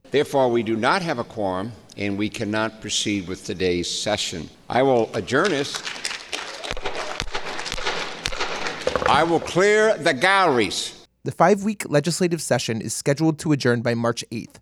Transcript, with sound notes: Therefore we do not have a quorum and we cannot proceed with today’s session. I will adjourn us; [CLAPS] I will clear the galleries. The five week Legislative session is scheduled to adjourn by March 8.